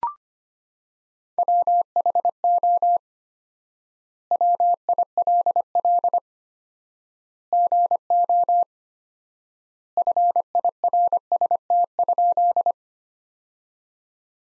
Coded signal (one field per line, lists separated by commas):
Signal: Morse code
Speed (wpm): 25 wpm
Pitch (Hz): 700 Hz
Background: none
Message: WHO WILL GO FIRST?